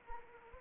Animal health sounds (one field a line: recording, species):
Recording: mosquito wingbeat signal from an infrared sensor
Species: Anopheles arabiensis